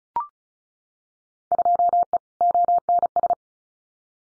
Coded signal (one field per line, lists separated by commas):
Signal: Morse code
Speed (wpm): 36 wpm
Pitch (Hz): 700 Hz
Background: none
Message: 2E ONS